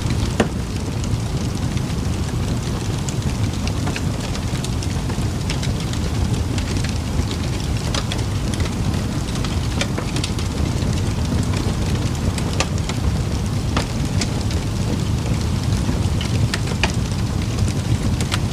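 A fire burns steadily, with a dense low roar beneath frequent sharp crackles and pops scattered throughout. The level stays even from start to finish, and the snaps land irregularly, sometimes in quick clusters, close to the listener.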